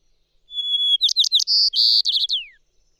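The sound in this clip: Song of a bird, starting with a held high whistle and breaking into quick chirps, buzzy notes and a falling slur.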